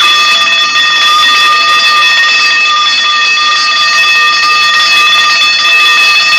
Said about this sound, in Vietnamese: Các cô y tá nghe thấy tiếng chuông ở bên này bèn chạy vào.